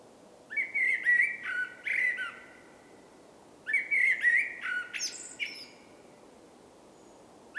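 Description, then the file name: Common blackbird song: two mellow, fluting warbled phrases about three seconds apart, the second ending in a high, scratchy flourish. "Turdus merula"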